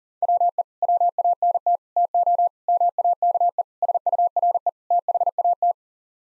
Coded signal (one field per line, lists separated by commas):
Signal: Morse code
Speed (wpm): 37 wpm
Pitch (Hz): 700 Hz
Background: none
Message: WE WANT TO MAKE SURE THAT